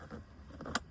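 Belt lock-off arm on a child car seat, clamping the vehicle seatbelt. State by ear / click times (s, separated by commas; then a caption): seated / 0.8 s. The plastic belt lock-off arm on a Joie Saffron SI child car seat is pressed closed, clamping the snugged vehicle seatbelt. After faint low rumble and a couple of small taps, a sharp, bright click rings out at 0.8 s as the lock-off seats closed. No one talks.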